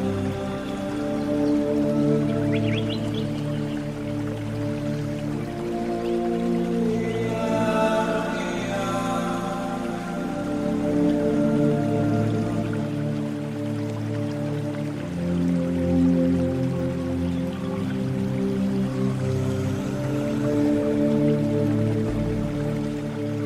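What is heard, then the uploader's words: Calm meditative music of sustained low tones and soft layered chords holds a steady level, shifting to new chords around eight and fifteen seconds, with a brighter chiming swell near eight seconds. A light pattering of rain or dripping water runs faintly underneath. Nature Sounds, Zen Music.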